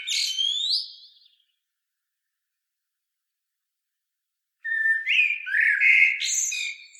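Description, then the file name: Common blackbird: a rising whistled note fades out, then after a silence a full phrase of low fluting notes ends in a squeaky twitter. "Turdus merula"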